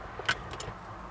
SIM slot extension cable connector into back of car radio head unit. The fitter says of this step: that one will go right there make sure it clicks